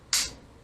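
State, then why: Seated. A dive knife in its sheath is pushed into a dedicated slot on a buoyancy compensator (BCD), giving a single sharp, bright click at 0.1 s that rings briefly and fades to quiet by about 0.3 s. The click means the knife is locked in and won't come out.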